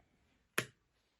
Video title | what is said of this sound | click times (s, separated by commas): Snap circuits Electronics Science Toy part 6, plug & play #electronic #toys #science #learn #howto | We need to hear the click. | 0.6 s